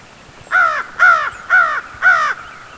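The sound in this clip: American crow giving four harsh, hoarse caws at an even pace about half a second apart, each slightly falling in pitch, over a quiet background.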